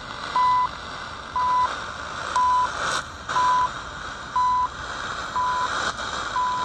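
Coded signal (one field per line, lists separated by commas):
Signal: radio time signal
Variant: CHU Canada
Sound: seven short 1 kHz beeps one second apart over hissing static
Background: radio static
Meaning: Each tick marks one second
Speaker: so I like the fact that it goes down to three megahertz like I'm getting right now THU on 3330 kilohertz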